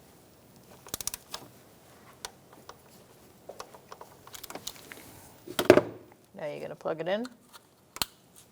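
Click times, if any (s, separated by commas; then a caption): 8.0 s. A plastic electrical connector is plugged onto a sensor on the valve cover of a 2012-2018 Ford Focus 2.0L L4 while someone talks. After light clicks and handling noises, a sharp click at 8.0 s shows the connector has seated securely.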